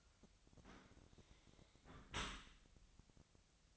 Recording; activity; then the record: daily activity, microphone in the room; close dishwasher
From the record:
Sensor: 3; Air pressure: 1003.0 hPa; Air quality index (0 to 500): 196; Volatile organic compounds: 6 ppm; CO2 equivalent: 1918 ppm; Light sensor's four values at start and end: 21/50/21/23 and 21/51/22/23